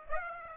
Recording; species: mosquito wingbeat signal from an infrared sensor; Aedes aegypti